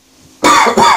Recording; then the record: coughing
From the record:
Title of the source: Spring Cold Coughing 2